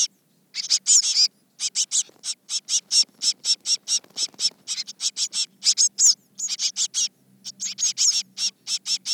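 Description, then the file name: Eurasian blue tit calling with rapid scratchy notes, several per second, running through most of the stretch with a faint low hum beneath. "Cyanistes caeruleus"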